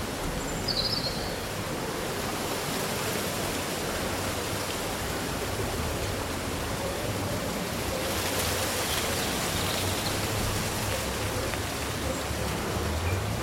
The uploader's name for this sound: Breezy Summer Day Rustling Leaves and Birdsong